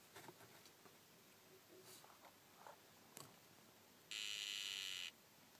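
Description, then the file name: Dyeing poison frog call: a single steady, even buzz lasting about one second near the end, over faint scattered clicks and tapping sounds. Regina morph, calling. "Dendrobates tinctorius Regina calling"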